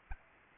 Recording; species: mosquito wingbeat signal from an infrared sensor; Aedes albopictus